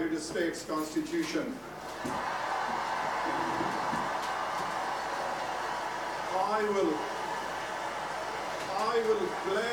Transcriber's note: crowd cheers